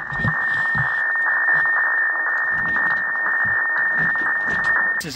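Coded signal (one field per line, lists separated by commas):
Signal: weather fax (radiofax)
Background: speech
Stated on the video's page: Marine weatherfax from shortwave broadcasts, received at sea on a cheap shortwave radio.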